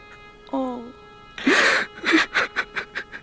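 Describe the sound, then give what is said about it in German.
A man lets out a short, tremulous moan, then breaks into loud, broken sobbing: a long gasping wail followed by a rapid series of choked, shuddering cries. “um mein heulender Held. Komm, lass dich in die Arme nehmen.”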